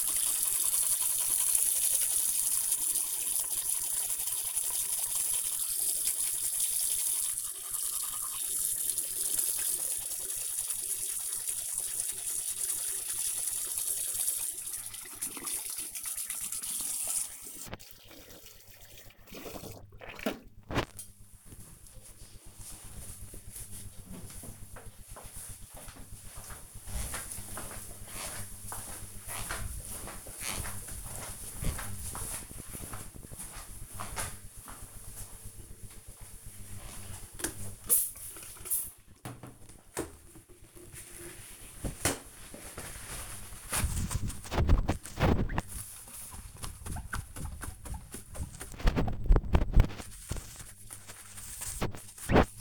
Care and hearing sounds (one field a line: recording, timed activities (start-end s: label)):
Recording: household activities, microphone on the right wrist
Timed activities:
0.00-21.07 s: brushing teeth
35.17-52.61 s: window cleaning